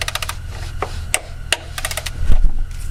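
Under a BMW, a helper tightens the plastic engine oil pan drain plug, fitted with a lubricated O-ring, using a click-type torque wrench. A few light ratcheting ticks come first, then the wrench gives two sharp clicks at 1.1 s and 1.5 s as it reaches its setting. Someone talks.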